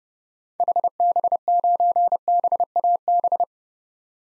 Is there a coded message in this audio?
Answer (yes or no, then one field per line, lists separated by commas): yes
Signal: Morse code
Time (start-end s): 0.6-3.4 s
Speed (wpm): 30 wpm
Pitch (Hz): 700 Hz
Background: none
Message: HB9BAB